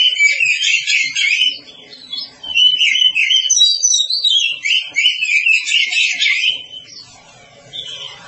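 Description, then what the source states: Oriental magpie-robin song, fast varied whistled and trilled phrases with a brief quieter dip, fading near the end. Long-duration recording.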